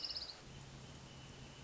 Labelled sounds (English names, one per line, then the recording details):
Wrentit
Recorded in Sonoma County, California